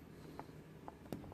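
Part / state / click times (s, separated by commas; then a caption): plastic body panel clips into scooter frame / seated / 0.4 s, 0.9 s, 1.1 s. A plastic body panel is pressed onto a GY6 scooter frame until its clips snap in, seating the panel. Short, sharp clicks are heard at 0.4, 0.9 and 1.1 seconds over a low background hum, with a fainter tick near 1.3 seconds.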